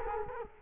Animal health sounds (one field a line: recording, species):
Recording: mosquito wingbeat signal from an infrared sensor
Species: Culex quinquefasciatus